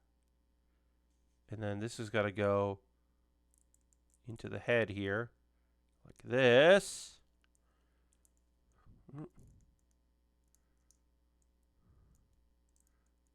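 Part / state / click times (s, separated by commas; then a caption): plastic model kit part into the figure's head / not seated / none. Someone talks while pressing a small plastic part into the head of a Gundam HG plastic model kit figure, with a few faint, quiet taps of plastic between the words. The part does not lock in, and nothing has snapped or clicked into place yet.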